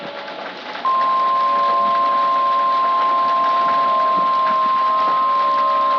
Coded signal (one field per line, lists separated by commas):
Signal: Emergency Alert System (SAME) tones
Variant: 1050 Hz attention tone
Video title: The NYC Hailstorm - EAS Mock